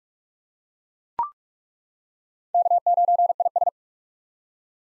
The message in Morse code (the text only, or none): K9IS